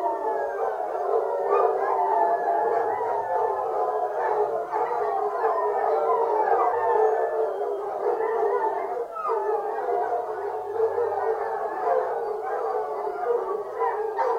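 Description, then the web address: Pack of foxhounds baying continuously, a dense mix of long howls and quicker yelps that swells and dips but never stops. Pack of fox-hunting hounds 'singing' (baying) during a fox hunt. "Sound Effects-BBC Dog Hunting Hound BBC. fox hunting hounds singing huntsman blows picking up hounds on horn"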